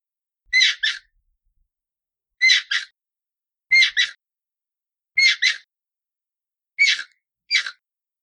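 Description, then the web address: Hyrax calls in quick pairs of harsh, squeaky bursts, repeated several times at a steady pace. "aswat Wabbar"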